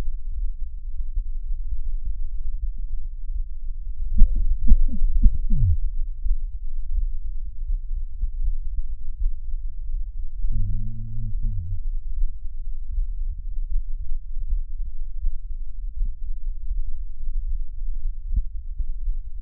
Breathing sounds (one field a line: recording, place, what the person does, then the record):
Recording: lung sounds by stethoscope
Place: left anterior apical chest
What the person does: quiet breathing, then cough and speech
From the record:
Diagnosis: COPD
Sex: male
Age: 59 years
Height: 175 cm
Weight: 73 kg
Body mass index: 23.8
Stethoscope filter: bell mode